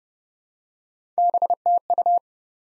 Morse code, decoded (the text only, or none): BTU